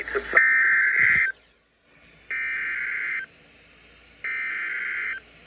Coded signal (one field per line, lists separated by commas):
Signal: Emergency Alert System (SAME) tones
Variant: header bursts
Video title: EAS #209-211 Severe Thunderstorm Warning for my county